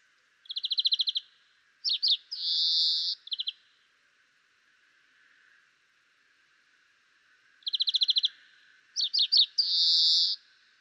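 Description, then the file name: European greenfinch song: short trills and chirps leading into a harsh, nasal drawn-out wheeze, the phrase given twice with a quiet gap between. "Chloris chloris"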